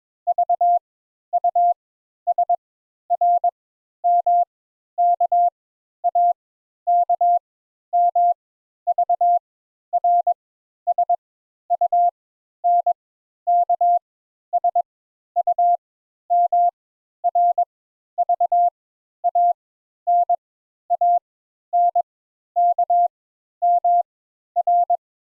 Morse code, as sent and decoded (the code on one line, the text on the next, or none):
...- / ..- / ... / .-. / -- / -.- / .- / -.- / -- / ...- / .-. / ... / ..- / -. / -.- / ... / ..- / -- / .-. / ...- / .- / -. / .- / -. / -.- / -- / .-.
V U S R M K A K M V R S U N K S U M R V A N A N K M R